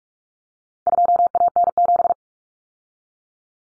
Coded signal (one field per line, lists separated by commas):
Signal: Morse code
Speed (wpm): 44 wpm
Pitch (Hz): 700 Hz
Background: none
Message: 2AN7